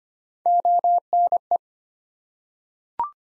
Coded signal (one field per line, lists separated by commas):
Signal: Morse code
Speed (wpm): 25 wpm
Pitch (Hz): 700 Hz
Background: none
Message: ONE